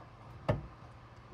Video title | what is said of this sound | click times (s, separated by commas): Replacing High Beam, Low Beam, and Side Marker Headlight Bulbs : HOW TO ESCAPE | Hear it click and see it's back in the original position. | 0.5 s